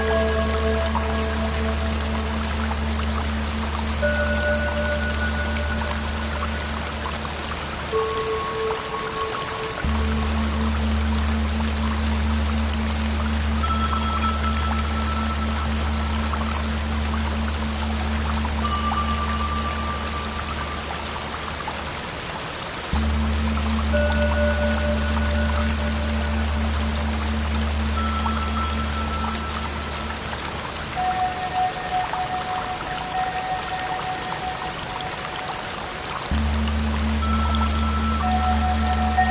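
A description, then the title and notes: Water hisses steadily throughout while Tibetan bowls ring out as sustained, gently wavering tones. A low hum drops out and returns around 10, 23 and 36 seconds, and higher bowl notes appear one after another every few seconds, each held briefly before fading. Water Sounds + Tibetan Bowl. Sounds of Tibetan bowls singing and water noise.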